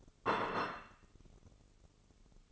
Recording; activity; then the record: daily activity, microphone in the room; place plate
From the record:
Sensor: 4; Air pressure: 996.0 hPa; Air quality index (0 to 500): 60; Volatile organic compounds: 2 ppm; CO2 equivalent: 1044 ppm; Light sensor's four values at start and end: 13/36/13/13 and 13/36/13/13